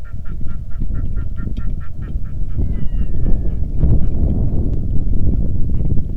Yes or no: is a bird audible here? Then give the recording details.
yes. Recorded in the Arctic National Wildlife Refuge, Alaska, on 3 August 2019 at 09:01. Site 46